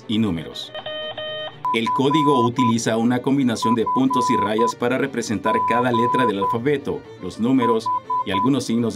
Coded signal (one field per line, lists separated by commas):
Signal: Morse code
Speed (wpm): 10 wpm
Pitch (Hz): 1000 Hz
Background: speech, music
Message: F F G H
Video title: UTV | Día del Código Morse